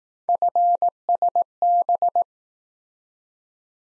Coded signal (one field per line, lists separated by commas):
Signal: Morse code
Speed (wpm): 18 wpm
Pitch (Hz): 700 Hz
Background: none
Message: FSB